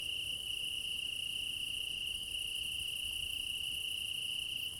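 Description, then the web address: Steady cricket trilling, one continuous high ringing tone from several insects, never stopping or changing in pitch. Meadow at night in Crimea in summer; quad ambience recorded with ORTF microphone pair offset by 3 m, front pair. "Alexander Kopeikin - Quad ambience of Crimea in summer 20 meadow night ambience, crickets, ortf offset by 3 m, front"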